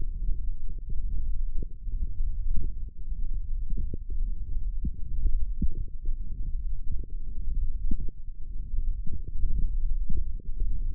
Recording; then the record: forearm muscle sounds (acoustic myography)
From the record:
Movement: hand closing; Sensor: system 1, eight BSWA MPA416 microphones around the upper forearm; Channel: 5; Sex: female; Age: 22 years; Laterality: right